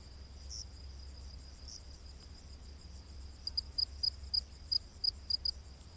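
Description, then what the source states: Cricket chirps, high and pulsed, with two soft notes early, then a quick run of bright chirps in the second half, over a steady low hum. Crickets calling in a humid rainforest at night.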